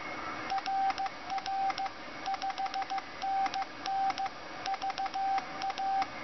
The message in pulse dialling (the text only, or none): none